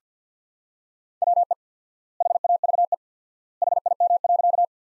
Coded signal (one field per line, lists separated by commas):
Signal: Morse code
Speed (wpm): 50 wpm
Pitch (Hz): 700 Hz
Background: none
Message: WE HAVE HIM.